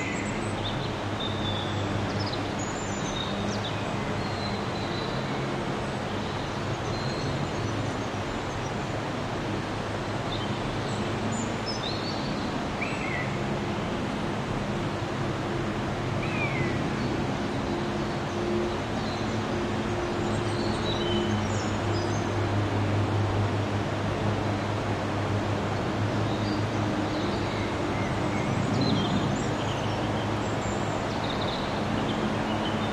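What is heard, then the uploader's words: A soundwalk recording filled with a steady, dense wash of sound and a low engine-like hum with several pitched layers, possibly a vehicle or train, holding level throughout. Short bird chirps pop out above it every few seconds. Rain hath swept through the northern Black Forest for the last few days. After every rain comes a dry day and so I went back into the forest to capture a nice soundscape. Soundwalk.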